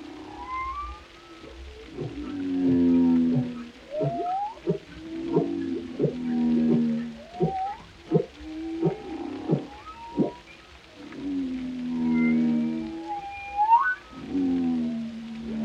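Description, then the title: Whale song of low harmonic moans, short upsweeping whistles and pulsed units, phrases repeating in rhythmic sequence over a quiet background. Compilation of whale vocalizations including moans, resonant calls and melodies, presented for relaxation. "Soothing Symphony of the Deep: Captivating Whale Sounds for Relaxation"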